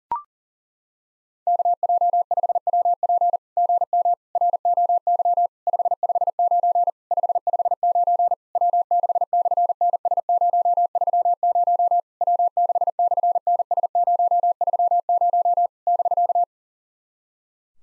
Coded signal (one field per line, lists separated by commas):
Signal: Morse code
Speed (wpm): 40 wpm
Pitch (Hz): 700 Hz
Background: none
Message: KJ5WP GM ROY 559 559 W6/NS030 W6/NS030 <BK>